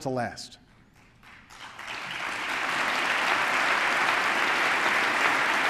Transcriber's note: applause